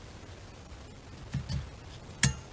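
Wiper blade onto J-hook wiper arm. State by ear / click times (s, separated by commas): seated / 2.2 s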